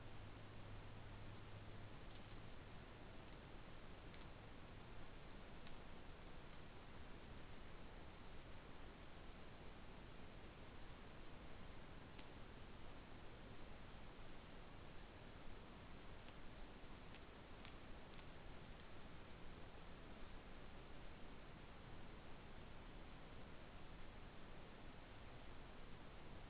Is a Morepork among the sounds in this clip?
no